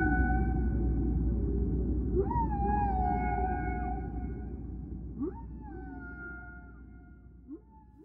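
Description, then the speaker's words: Humpback whale song of held harmonic moans broken by short rising swoops, the phrases gradually fading quieter toward the end over a low background rumble. Critically endangered humpback whale songs recorded in the 1960s with a U.S. Navy engineer and released as an album; hearing them galvanized the Save the Whales movement. "They produced an album of songs they recorded from critically endangered humpback whales."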